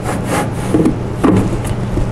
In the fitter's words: you gotta give it a little push down to make sure it pops into place so